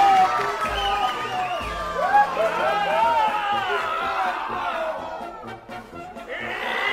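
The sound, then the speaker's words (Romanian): A noisy crowd cheers and shouts in overlapping, excited voices, a dense, steady commotion with rising and falling yells and a couple of low thuds early on. “Liniște! Ce tâmbolul ăsta?”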